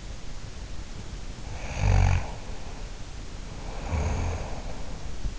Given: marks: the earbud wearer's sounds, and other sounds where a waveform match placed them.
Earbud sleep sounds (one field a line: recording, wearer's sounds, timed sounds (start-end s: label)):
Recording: sounds in sleep by an in-ear microphone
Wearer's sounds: snoring breath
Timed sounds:
0.83-5.23 s: snoring breath